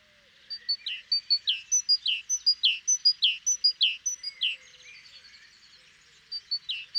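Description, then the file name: Great tit song: a rapid run of two-note phrases, a high clear note followed by a lower downslurred one, repeated steadily, pausing briefly before resuming near the end. "Parus major"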